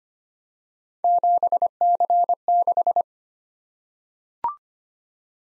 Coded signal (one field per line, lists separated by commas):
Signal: Morse code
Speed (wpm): 25 wpm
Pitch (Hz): 700 Hz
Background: none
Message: 7C6